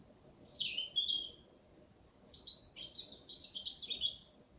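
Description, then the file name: European robin song: a high, thin whistle dropping into a brief warble, then a longer, rapid, twittering phrase of sparkling high notes after a short pause. "Erithacus rubecula"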